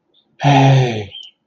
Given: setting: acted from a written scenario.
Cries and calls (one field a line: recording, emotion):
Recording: vocal sound without words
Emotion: positive surprise